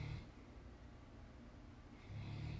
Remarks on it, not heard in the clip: My dog snoring in the background. His name is Rexy and he's a big brown lab.